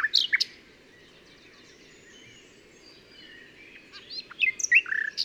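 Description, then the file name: Common nightingale song fragments: a few loud chirps at the start, a long quiet gap, then a cluster of varied sweeping whistled notes near the end. "Luscinia megarhynchos"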